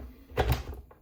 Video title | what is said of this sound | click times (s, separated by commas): Hampton Bay WF-16AR Oscillating Wall Fan - Assembly, Testing and Review | until it clicks into place like that. | 0.4 s